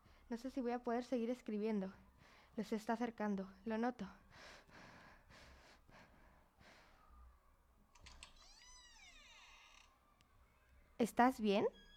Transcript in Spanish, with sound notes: No sé si voy a poder seguir escribiendo. Se está acercando. Lo noto. (Respira aceleradamente) (se abre la puerta) -¿Estás bien?